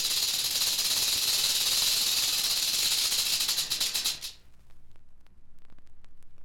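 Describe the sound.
Rattlesnake rattle: a steady loud high-pitched buzzing hiss lasting about four seconds, then stopping abruptly, followed by quieter faint clicks.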